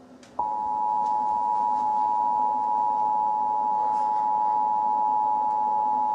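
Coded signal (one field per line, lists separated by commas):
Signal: Emergency Alert System (SAME) tones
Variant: 853 and 960 Hz attention tone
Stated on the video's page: Fictional tornado watch and warning scenario, simulated rather than a real broadcast.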